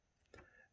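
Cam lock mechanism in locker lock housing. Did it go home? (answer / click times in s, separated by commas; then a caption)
released / 0.3 s. A SISO Denmark electronic combination cam lock (Marc M1, public version) in a locker lock housing is opened with its default code on the touch keypad. Its cam lock mechanism releases with a single sharp click at 0.3 s. A faint ringing tail follows, and the lock is open.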